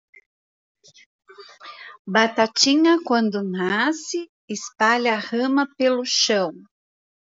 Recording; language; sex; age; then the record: short text; Brazilian Portuguese; female; 50 to 59 years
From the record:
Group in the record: control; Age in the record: 55 years